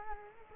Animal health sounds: mosquito wingbeat signal from an infrared sensor; Culex quinquefasciatus

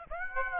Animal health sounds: mosquito wingbeat signal from an infrared sensor; Aedes aegypti

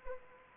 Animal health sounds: mosquito wingbeat signal from an infrared sensor; Anopheles arabiensis

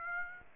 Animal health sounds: mosquito wingbeat signal from an infrared sensor; Aedes aegypti

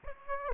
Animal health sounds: mosquito wingbeat signal from an infrared sensor; Aedes aegypti

